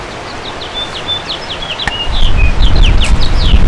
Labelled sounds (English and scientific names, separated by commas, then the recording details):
House Finch (Haemorhous mexicanus) song
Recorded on Long Island, New York, on 7 June 2011
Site MV
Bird D